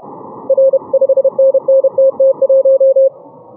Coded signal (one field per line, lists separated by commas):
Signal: Morse code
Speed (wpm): 31 wpm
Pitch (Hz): 540 Hz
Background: none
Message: R 5NNTT1